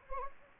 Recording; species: mosquito wingbeat signal from an infrared sensor; Anopheles gambiae